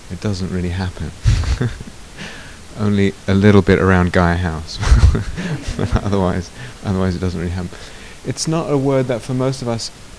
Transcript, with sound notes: It doesn't really happen. Only a little bit around Gaia House. [laughter] Otherwise it doesn't really happen. It's not a word that for most of us